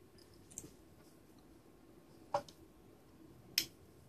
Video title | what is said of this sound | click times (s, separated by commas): Mini 12V DC Brushless Submersible Water Pump Review and Disassembly | um snaps right into the roller just snaps right in there and the | 3.6 s